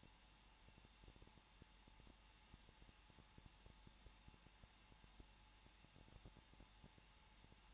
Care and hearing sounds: daily activity, microphone in the room; no activity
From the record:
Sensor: 1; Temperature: 20.0 degrees Celsius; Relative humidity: 39.5%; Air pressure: 1006.4 hPa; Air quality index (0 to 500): 220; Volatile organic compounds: 83 ppm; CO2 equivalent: 3635 ppm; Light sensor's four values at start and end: 1/2/1/1 and 1/2/1/1

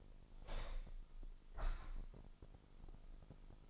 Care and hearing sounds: daily activity, microphone in the room; open window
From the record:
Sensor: 5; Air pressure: 1004.8 hPa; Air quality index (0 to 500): 81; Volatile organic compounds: 1 ppm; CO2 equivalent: 974 ppm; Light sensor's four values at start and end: 32/75/30/29 and 33/77/30/29

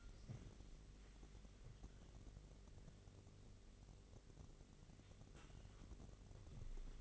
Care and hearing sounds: daily activity, microphone in the room; wipe stove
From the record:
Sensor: 4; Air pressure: 1002.4 hPa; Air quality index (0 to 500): 216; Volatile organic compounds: 12 ppm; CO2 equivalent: 2326 ppm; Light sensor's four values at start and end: 19/67/24/24 and 19/67/25/24

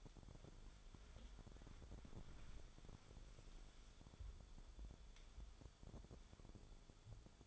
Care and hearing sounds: daily activity, microphone in the room; wipe stove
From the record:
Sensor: 5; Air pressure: 1015.2 hPa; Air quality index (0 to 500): 140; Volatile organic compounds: 3 ppm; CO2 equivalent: 1515 ppm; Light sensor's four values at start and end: 35/84/34/36 and 35/83/34/35

